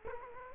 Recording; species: mosquito wingbeat signal from an infrared sensor; Culex quinquefasciatus